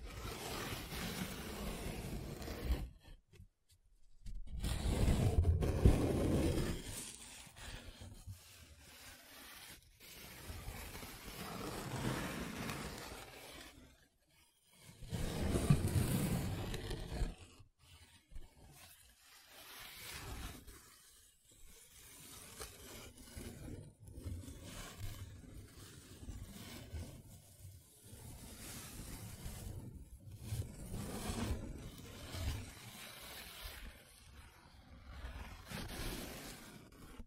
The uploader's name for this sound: Paper Sounds Tracing, Scratching, Rubbing